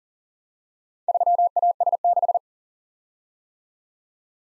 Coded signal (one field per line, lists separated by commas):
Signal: Morse code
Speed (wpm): 41 wpm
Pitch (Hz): 700 Hz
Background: none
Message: 3AS6